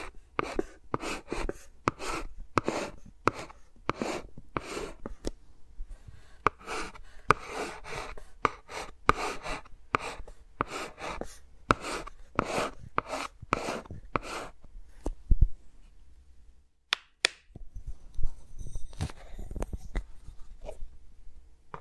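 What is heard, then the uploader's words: Fingers move around the microphones with no talking, making quick, crackly brushing and tapping bursts that repeat two or three times a second for the first fifteen seconds. After a brief pause near seventeen seconds, the sounds turn sparser, with soft low thumps and scattered scratches. ASMR with Mics Around My Fingers (No Talking).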